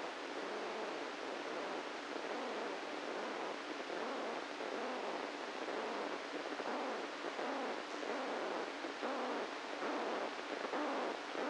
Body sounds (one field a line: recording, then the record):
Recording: brain microelectrode recording played as sound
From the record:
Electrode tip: inside the subthalamic nucleus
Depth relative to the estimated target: -1 mm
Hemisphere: right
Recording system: NeuroSet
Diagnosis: Parkinson's disease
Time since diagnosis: 17 years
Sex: male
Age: 64 years